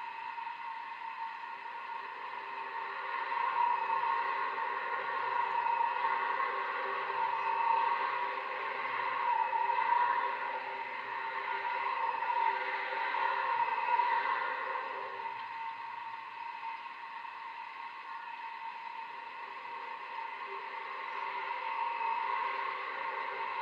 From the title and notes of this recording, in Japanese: 振動音を拾えるマイクを使って、橋の手すりの振動音をレコーディングしてみました。今回訪れたのは多摩川の支流「野川」にかかる「中之橋」。車が通るたび、怪獣の鳴き声のような音が聴こえてきました。